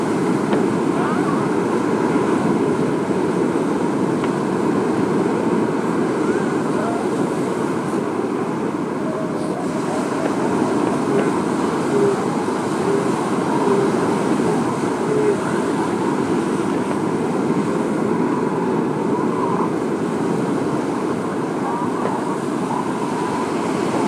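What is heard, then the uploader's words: Elephant seals during mating season, heard as a dense, steady din of low, throaty bellowing and grunting that blends into one continuous rumble for the whole stretch. Level barely changes, and a washing, surf-like hiss sits underneath with no distinct single calls standing out. Elephant Seal Mating Season. Hundreds of them lazing in the sunshine!!!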